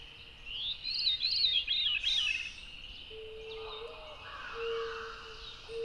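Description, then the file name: Veery giving a single downward-spiraling, reedy song phrase, then quiet with a low steady tone and faint other bird sounds. "very veery"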